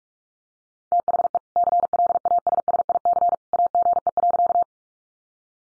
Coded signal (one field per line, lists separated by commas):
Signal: Morse code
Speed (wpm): 44 wpm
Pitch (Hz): 700 Hz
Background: none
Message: THE CLASSIC AGE.